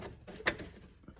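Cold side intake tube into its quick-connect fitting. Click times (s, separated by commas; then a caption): 0.5 s. A plastic cold-side intake tube on an L5P Duramax, with its lip seal fitted, is pushed onto its quick-connect fitting in the passenger inner fender, with faint mechanical rubbing and shifting around it. At 0.5 s the retaining clip gives one sharp, bright click, followed by quieter knocks. The tube is seated and clipped in.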